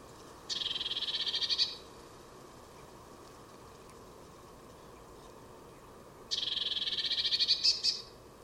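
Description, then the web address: Bird call: two dry, buzzy pulsed rattles about six seconds apart, each one to two seconds long, with faint continuous background noise between them. "Deverinetal 2025. Bird Only"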